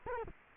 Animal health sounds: mosquito wingbeat signal from an infrared sensor; Culex quinquefasciatus

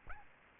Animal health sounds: mosquito wingbeat signal from an infrared sensor; Aedes albopictus

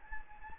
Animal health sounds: mosquito wingbeat signal from an infrared sensor; Anopheles gambiae

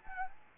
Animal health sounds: mosquito wingbeat signal from an infrared sensor; Anopheles gambiae

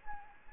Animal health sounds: mosquito wingbeat signal from an infrared sensor; Anopheles gambiae

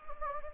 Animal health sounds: mosquito wingbeat signal from an infrared sensor; Anopheles gambiae

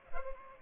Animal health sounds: mosquito wingbeat signal from an infrared sensor; Culex pipiens

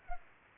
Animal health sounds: mosquito wingbeat signal from an infrared sensor; Culex pipiens

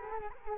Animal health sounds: mosquito wingbeat signal from an infrared sensor; Culex quinquefasciatus

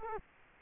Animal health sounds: mosquito wingbeat signal from an infrared sensor; Culex quinquefasciatus

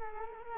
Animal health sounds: mosquito wingbeat signal from an infrared sensor; Culex quinquefasciatus

